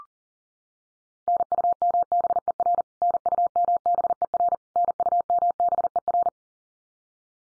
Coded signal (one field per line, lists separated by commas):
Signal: Morse code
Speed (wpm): 40 wpm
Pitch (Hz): 700 Hz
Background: none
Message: NUMBER NUMBER NUMBER